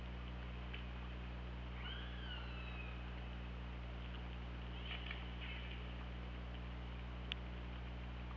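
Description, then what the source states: Killer whale call, one harmonic call, then faint clicks and a brief burst, over a noisy low hum. OrcaLab hydrophone, 24 August 2017 at 21:20.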